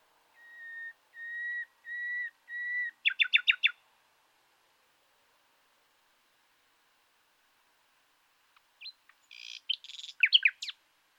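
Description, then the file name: Common nightingale song: four long steady whistles followed by quick sharp notes, a pause, then a jumbled burst of buzzy and chirping notes. "Luscinia megarhynchos"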